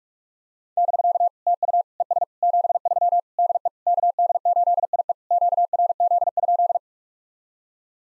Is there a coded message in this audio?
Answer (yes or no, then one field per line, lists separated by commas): yes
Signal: Morse code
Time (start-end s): 0.8-6.8 s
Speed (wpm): 44 wpm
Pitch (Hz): 700 Hz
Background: none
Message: <BK> TU ES 73 DE KD8IE QRZ?